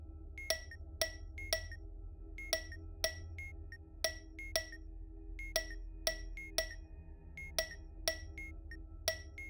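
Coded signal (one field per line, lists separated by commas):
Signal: tap code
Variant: 3D tap code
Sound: crisp woody clicks in small groups, about half a second apart, with faint chimes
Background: low background hum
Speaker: we're going to get a triplet of clicks for a five letter word so five triplets of clicks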